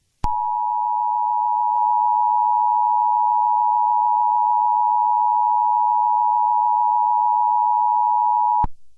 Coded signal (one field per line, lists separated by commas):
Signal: Emergency Alert System (SAME) tones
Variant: 853 and 960 Hz attention tone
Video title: EAS MOCK: Double test error